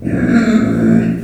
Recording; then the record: squeal of a Yucatan mini pig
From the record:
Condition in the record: after surgery on the right vocal fold (resection and tissue-engineered implant); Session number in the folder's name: 3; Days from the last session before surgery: 21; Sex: female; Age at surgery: 19 weeks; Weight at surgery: 25 kg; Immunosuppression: prednisolone